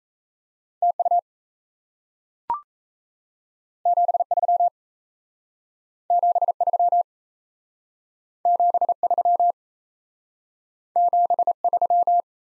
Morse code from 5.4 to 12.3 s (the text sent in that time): 73 73 73